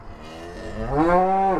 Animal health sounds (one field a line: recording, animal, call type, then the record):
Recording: contact call of a hoofed animal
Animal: cattle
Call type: low-frequency (closed-mouth) or high-frequency (open-mouth) call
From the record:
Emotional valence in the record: positive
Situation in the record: visual reunion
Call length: 1.60 s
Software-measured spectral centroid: 1070 Hz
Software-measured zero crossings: 1430 a second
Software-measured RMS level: -22 dBFS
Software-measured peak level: -5 dBFS